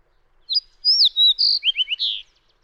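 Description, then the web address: Fox sparrow song: a brief run of rich, clear whistled notes, some slurred and some short and sharp, lasting under two seconds, with silence around it. "birdsongforthecurious Fox Sparrow"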